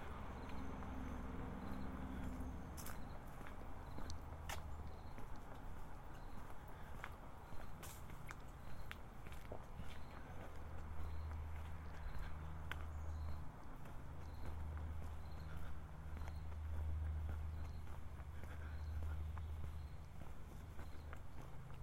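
Walking around south Boulder, with a steady outdoor murmur, scattered clicks and footstep taps, and a low engine hum rising and falling in pulses.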